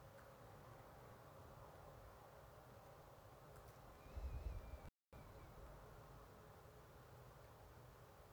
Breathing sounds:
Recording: nose breathing near a microphone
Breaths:
0.06-2.59 s: inhalation
3.45-7.07 s: exhalation
From the record:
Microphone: phone

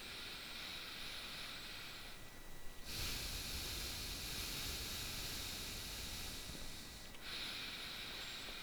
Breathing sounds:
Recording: nose breathing near a microphone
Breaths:
0.00-2.71 s: inhalation
2.71-7.07 s: exhalation
7.07-8.63 s: inhalation
From the record:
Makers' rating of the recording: bad

